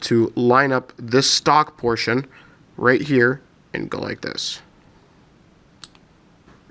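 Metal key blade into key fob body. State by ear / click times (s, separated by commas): seated / 5.8 s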